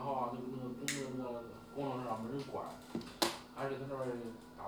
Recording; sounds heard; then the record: poultry house recording; no chicken sound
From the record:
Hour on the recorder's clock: 15